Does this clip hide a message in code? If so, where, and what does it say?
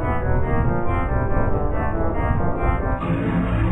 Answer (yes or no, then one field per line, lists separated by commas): no